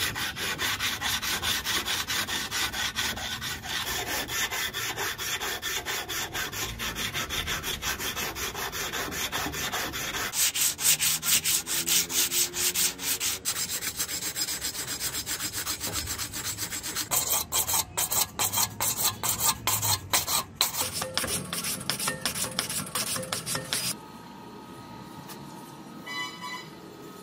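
Rhythmic scraping and filing on metal for the rusty-hook trident forging, steady rasping strokes changing pace around ten seconds, then a quieter hum.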